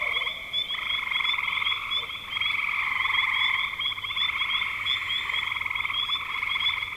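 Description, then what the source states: Frogs in a continuous pulsed chorus, trills overlapping so the sound rarely drops. Recorded in spring 2025.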